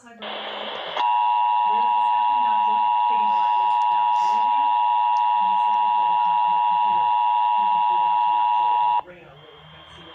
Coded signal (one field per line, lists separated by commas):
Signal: Emergency Alert System (SAME) tones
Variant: 853 and 960 Hz attention tone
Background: speech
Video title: TFT Relay: EMnet SVR (4/13/20)(EAS #312)